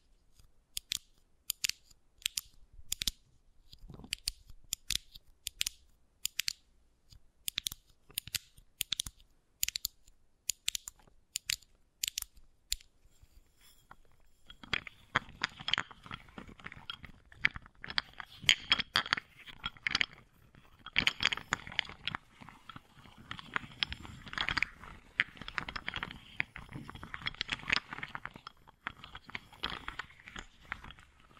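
Wooden balls click and clack in short, sharp bursts, spaced a little apart for the first fifteen seconds. After that the sound turns dense and continuous, a busy rolling clatter of knocks and rattles that runs to the end.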